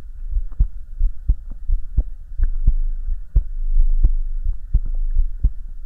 HeartBeat with Breathing.